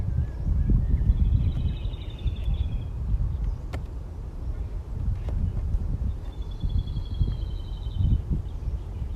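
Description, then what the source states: Rufous-tailed robin singing two high, fine rattling trills several seconds apart, each lasting over a second, against constant low-pitched background noise. Recorded 2020-05-02.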